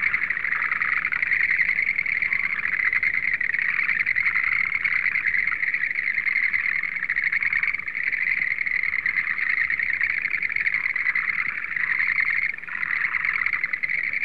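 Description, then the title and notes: Frogs calling in a dense, continuous chorus of overlapping trilled croaks, steady throughout with slight swells in intensity. "NHK Sound Effects Collection - 3-Frogs. NHK効果音集 - 3-カエル"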